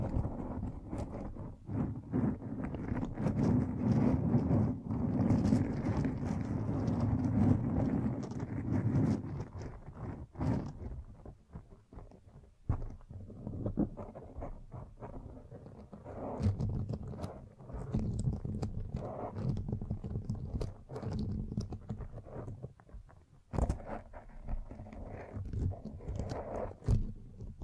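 A microphone is brushed and scratched, producing dense, rough rubbing noise with thuds and scrapes. The handling is heaviest and steadiest in the first ten seconds, then continues in uneven bursts with brief pauses around ten, thirteen and twenty-three seconds.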